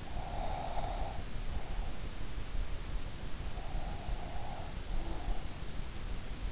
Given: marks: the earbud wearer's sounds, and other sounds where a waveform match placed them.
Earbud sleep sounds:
sounds in sleep by an in-ear microphone; breath
0.10-2.46 s: breath
3.57-5.40 s: breath

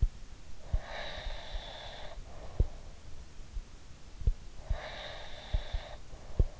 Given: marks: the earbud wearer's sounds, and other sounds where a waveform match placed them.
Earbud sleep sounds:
sounds in sleep by an in-ear microphone; breath
0.62-2.80 s: breath
4.55-6.53 s: breath

